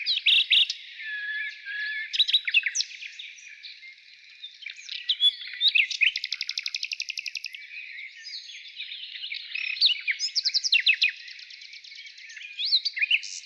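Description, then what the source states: Nightingale song mixing fast rattling trills, whistles and staccato notes. Morning.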